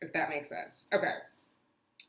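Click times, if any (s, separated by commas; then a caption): 2.0 s. Someone talks for about a second and a half. The three-dot release button on a plastic at-home insemination applicator, held outside the body, is pressed and gives a short, sharp plastic click at 2.0 s. The click releases the cervical cap the applicator was holding.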